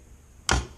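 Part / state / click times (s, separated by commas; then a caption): lantern carry handle into its detent position on the lantern body / seated / 0.5 s. The folding carry handle of a Siege lantern is pushed down into its positive detent on the lantern body and snaps in with a single sharp tick at 0.5 s, then a short fading ring. The handle locks into place and holds solid, without jiggling.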